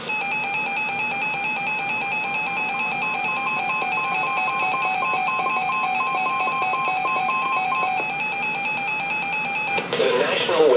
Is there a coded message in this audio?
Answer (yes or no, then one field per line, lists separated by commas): no